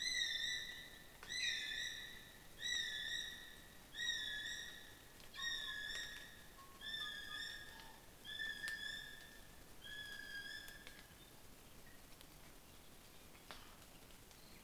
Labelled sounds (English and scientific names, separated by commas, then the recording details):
North Island Brown Kiwi (Apteryx mantelli) male call
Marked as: faintness 2/5
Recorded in New Zealand on 21 November 2014
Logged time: 04:57
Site CL78